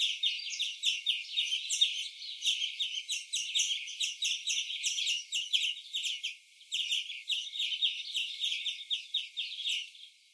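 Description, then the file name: European greenfinch giving rapid, chirpy twittering calls in a steady stream of short notes, with one brief pause near the middle and a fade at the end. "Chloris chloris"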